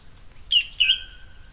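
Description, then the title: Bird chirping: two loud, sharp chirps around the middle, then a steady thin whistle holding on quietly. "LuckyPassaro Completos2Sama"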